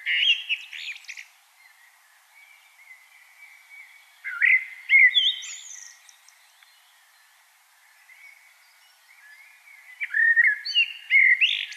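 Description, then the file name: Common blackbird with three warbled song phrases, flute-like notes and squeaky high flourishes, and quieter thin whistles between phrases. "Turdus merula"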